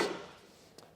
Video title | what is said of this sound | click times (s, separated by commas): etrailer - Building the RockyMounts MonoRail 2 Bike Rack | lower it down until you hear it click into place | 0.8 s